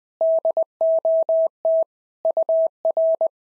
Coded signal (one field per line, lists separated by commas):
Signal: Morse code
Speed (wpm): 20 wpm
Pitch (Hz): 650 Hz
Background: none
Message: DOT UR